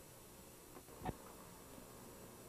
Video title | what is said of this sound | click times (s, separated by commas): Setting up a Passap Duomatic 80 Knitting Machine | turn it to the back and push it down until it clicks into position | 1.1 s